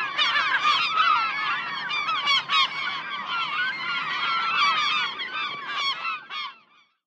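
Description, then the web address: Many gulls squealing and yelping together in a busy chorus that thins out and fades to quiet in the last half-second. "seagulls"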